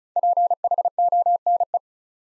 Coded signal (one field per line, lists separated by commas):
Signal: Morse code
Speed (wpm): 36 wpm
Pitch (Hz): 700 Hz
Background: none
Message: PHONE